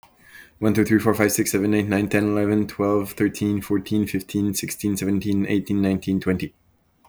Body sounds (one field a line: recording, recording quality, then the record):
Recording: counting at a fast pace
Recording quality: excellent, no background noise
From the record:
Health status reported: exposed to COVID-19, no respiratory illness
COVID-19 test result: negative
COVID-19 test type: rapid antigen test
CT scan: not taken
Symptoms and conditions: none ticked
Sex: male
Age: 31 years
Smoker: yes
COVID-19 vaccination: both doses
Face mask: not worn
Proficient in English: yes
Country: Canada